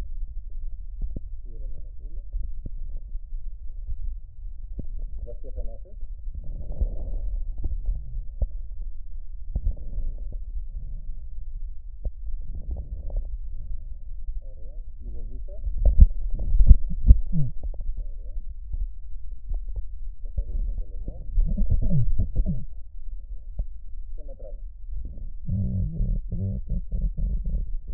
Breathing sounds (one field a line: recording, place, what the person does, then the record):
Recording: lung sounds by stethoscope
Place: right posterior basal chest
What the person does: quiet breathing, then cough and speech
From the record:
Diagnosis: COPD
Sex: female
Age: 72 years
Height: 156 cm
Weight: 72 kg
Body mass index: 29.6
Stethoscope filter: extended mode